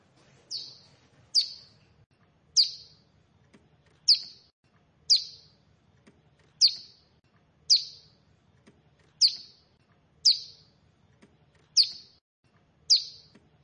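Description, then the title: Bar-winged prinia giving single high, sharp down-slurred chirps with a buzzy trailing edge, in a steady, evenly spaced series. "Ciblek Sawah"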